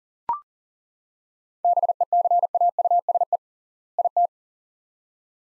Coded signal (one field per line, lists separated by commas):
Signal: Morse code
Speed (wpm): 40 wpm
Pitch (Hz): 700 Hz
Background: none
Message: BECAUSE IT